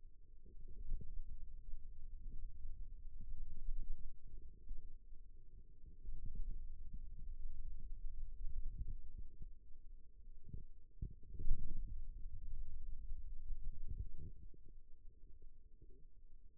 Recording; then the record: forearm muscle sounds (acoustic myography)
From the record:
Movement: radial deviation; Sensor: system 2, bracelet of six BSWA MPA416 microphones around the upper forearm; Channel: 3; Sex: male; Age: 22 years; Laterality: right